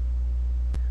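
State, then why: Seated. A new timer for a General Electric gas dryer that is not heating is set into the dryer control panel and turned clockwise until its locking tab snaps into place. A steady low hum runs through the clip, broken by one brief sharp click at 0.7 s as the timer seats.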